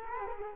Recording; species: mosquito wingbeat signal from an infrared sensor; Culex quinquefasciatus